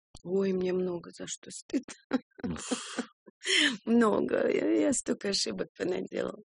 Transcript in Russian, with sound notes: Ой, мне много за что стыдно. (смеется) Много. Я столько ошибок понаделала.